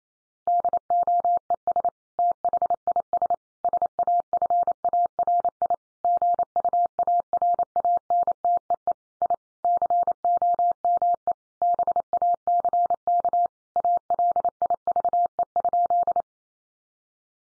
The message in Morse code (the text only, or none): DOES THIS SAFARI GUARANTEE I COME BACK ALIVE?